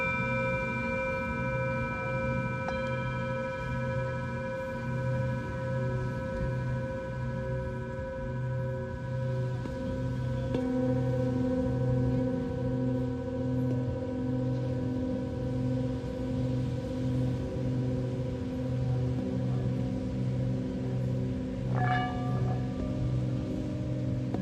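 Singing bowls ring in long, layered sustained tones with a steady pulsing low throb, a soft wash underneath, and a brief bright strike near twenty-two seconds.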